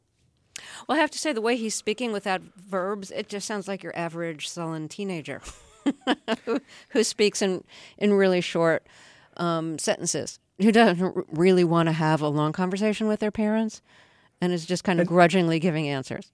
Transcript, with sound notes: Well, I have to say the way he's speaking without verbs it just sounds like your average sullen teenager (laughter) who speaks in really short sentences. You don't really want to have a long conversation with their parents and is just kind of grudgingly giving answers.